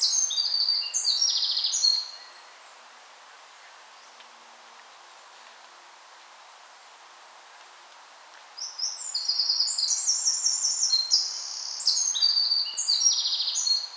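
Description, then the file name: Eurasian wren finishing a burst of high trilling song, falling silent for about six seconds, then starting another longer run of rapid, piercing trills. "Troglodytes troglodytes"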